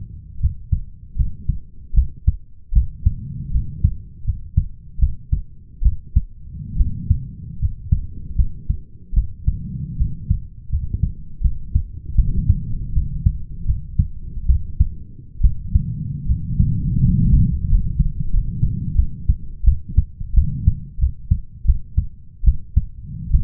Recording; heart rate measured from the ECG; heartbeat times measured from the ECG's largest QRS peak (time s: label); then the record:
heart sounds by stethoscope; 79 bpm
0.40 s: heartbeat
1.17 s: heartbeat
1.94 s: heartbeat
2.73 s: heartbeat
3.52 s: heartbeat
4.25 s: heartbeat
4.99 s: heartbeat
5.82 s: heartbeat
6.77 s: heartbeat
7.59 s: heartbeat
8.36 s: heartbeat
9.14 s: heartbeat
9.97 s: heartbeat
10.70 s: heartbeat
11.42 s: heartbeat
12.15 s: heartbeat
12.93 s: heartbeat
13.66 s: heartbeat
14.46 s: heartbeat
15.41 s: heartbeat
16.26 s: heartbeat
17.00 s: heartbeat
17.67 s: heartbeat
18.30 s: heartbeat
18.95 s: heartbeat
19.64 s: heartbeat
20.34 s: heartbeat
20.99 s: heartbeat
21.65 s: heartbeat
22.44 s: heartbeat
23.31 s: heartbeat
From the record:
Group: healthy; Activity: rest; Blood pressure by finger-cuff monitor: 111/78 mmHg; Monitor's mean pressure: 86 mmHg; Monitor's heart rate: 78 bpm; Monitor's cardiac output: 5.7 L/min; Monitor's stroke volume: 74 mL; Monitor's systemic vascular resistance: 1080 dyn s/cm5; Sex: male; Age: 21 years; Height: 170 cm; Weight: 71 kg